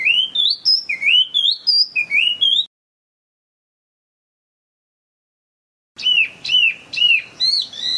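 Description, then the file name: Chinese hwamei song: repeated upslurred whistles in quick succession, a pause of several seconds, then looping rising notes. Hwamei in gacor condition, in full song. "audio-hwamei-gacor -omkicau"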